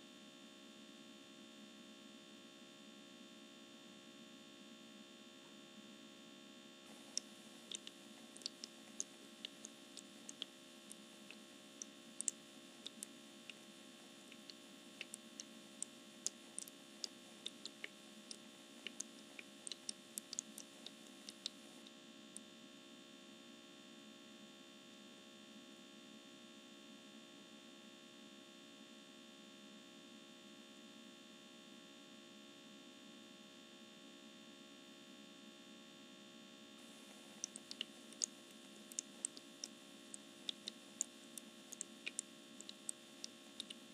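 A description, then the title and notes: An essential oil diffuser runs with a steady electrical hum and a constant misting hiss. From about 7 to 22 seconds, and again after 37 seconds, bright faint crackles and ticks scatter over the drone. The sound is otherwise unchanging. ASMR Essential Oil Diffuser Misting.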